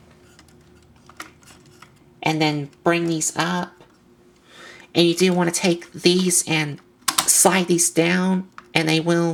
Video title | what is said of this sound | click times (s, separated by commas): Mobile Suit Zeta Gundam High Grade Psycho Gundam | push it down some, and it will lock into place. | 1.2 s